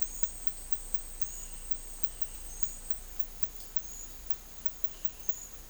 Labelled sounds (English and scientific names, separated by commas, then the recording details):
none
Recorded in dense forest near Puerto Asís, Putumayo, Colombia, on 18 December 2024 at 11:00
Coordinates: 0.484, -76.317
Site G026